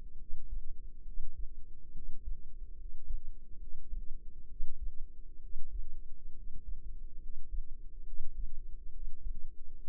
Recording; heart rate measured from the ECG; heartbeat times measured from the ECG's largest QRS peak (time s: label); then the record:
heart sounds by microphone in the left ear; 68 bpm
0.16 s: heartbeat
1.03 s: heartbeat
1.91 s: heartbeat
2.74 s: heartbeat
3.57 s: heartbeat
4.46 s: heartbeat
5.39 s: heartbeat
6.32 s: heartbeat
7.18 s: heartbeat
8.03 s: heartbeat
8.90 s: heartbeat
9.81 s: heartbeat
From the record:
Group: healthy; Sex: male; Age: 20 years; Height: 167 cm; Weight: 61 kg